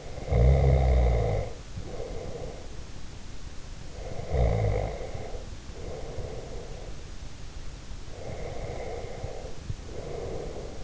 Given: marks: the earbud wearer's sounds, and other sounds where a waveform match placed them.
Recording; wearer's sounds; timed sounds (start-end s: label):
sounds in sleep by an in-ear microphone; snoring breath, breath
0.00-2.81 s: snoring breath
3.96-7.08 s: snoring breath
8.12-10.84 s: breath